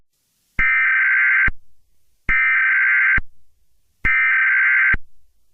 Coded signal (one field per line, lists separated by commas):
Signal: Emergency Alert System (SAME) tones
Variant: header bursts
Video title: EAS Scenario 36: San Andreas